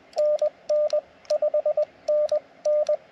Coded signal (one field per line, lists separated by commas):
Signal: Morse code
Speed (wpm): 20 wpm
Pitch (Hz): 1200 Hz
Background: radio noise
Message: NN 5NN